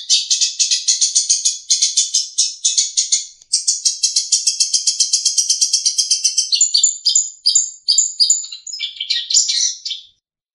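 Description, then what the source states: Long-tailed shrike pouring out long, fast trills that break into clearer whistled notes and a few varied phrases before stopping. Known locally as cendet; a master song recording used for training songbirds.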